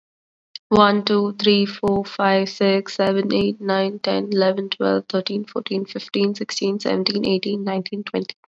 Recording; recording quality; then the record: counting at a fast pace; excellent, no background noise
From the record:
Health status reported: COVID-19 positive, mild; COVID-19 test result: positive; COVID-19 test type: RT-PCR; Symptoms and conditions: cough, sore throat, fever, fatigue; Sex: female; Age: 24 years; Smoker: no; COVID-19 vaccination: both doses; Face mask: not worn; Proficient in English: yes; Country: India